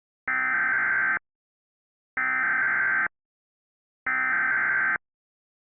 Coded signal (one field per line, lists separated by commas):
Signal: Emergency Alert System (SAME) tones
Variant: header bursts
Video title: [EAS SCENARIO / ANALOG HORROR] - Piercing Freeze